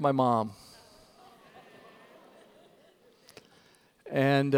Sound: laughter!